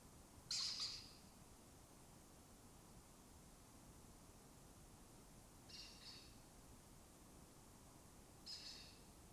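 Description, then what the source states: Lesser kestrel call, a strong harsh rasp, then two quieter scratchy calls spaced several seconds apart over a steady background hiss. Breeding colony occupying an abandoned building complex in Doñana, southern Europe; migratory birds that forage in West Africa and breed in southern Europe.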